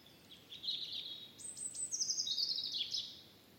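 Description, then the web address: European robin song: a high phrase of thin whistles and rapid twittering notes. "Deverinetal 2025 File origin Bird Only Er Ru"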